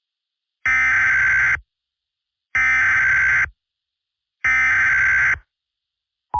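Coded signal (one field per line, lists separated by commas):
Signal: Emergency Alert System (SAME) tones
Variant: header bursts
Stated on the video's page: Fictional EAS scenario.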